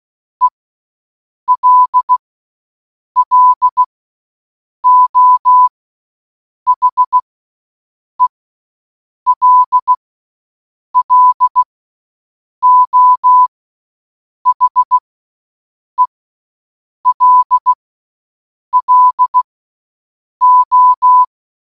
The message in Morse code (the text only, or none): ELLO HELLO HELLO